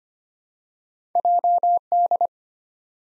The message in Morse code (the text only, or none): JD